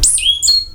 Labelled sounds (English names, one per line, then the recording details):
Stitchbird song
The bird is a male
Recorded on Tiritiri Matangi Island, New Zealand, in 2005
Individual 22, of nest box 31